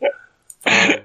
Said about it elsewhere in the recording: I had a huge allergy attack this week. I get allergy attacks every season? Yeah, then I have a cough after that.